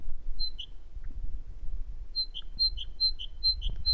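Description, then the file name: Great tit calling, a high thin note followed by a lower one, one pair and then a run of four quick pairs and a final high note, over a low rumbling background. "Parus major"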